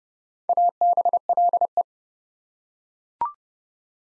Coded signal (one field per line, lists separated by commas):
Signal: Morse code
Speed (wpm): 30 wpm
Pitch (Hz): 700 Hz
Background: none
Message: ABLE